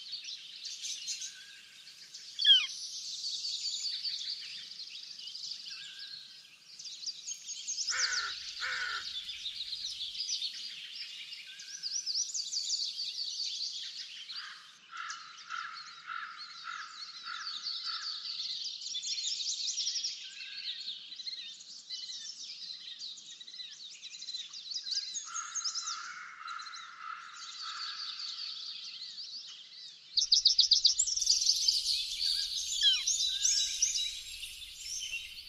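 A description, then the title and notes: Backyard birds chirp and trill almost continuously in high, bright calls, with quick repeated notes around 8, 15 and 26 seconds, and a louder hiss after 30. Backyard Birds - Ambient Nature Bird Sounds.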